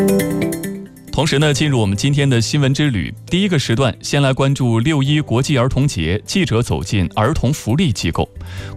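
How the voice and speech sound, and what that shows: Clear, fluent adult Mandarin news-anchor speech at a steady broadcast pace, after a brief musical tone at the start.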